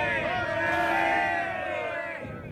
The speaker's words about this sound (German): Die Batterie wurde zurückerobert und mit Hurra-Geschrei jagten die Russen die Feinde so weit, dass es schwer hielt, sie wieder zum Stehen zu bringen.